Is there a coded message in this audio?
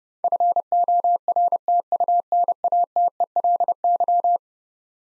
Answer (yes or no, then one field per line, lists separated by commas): yes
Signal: Morse code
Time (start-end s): 0.2-4.4 s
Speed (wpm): 29 wpm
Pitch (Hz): 700 Hz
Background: none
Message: FORTUNATELY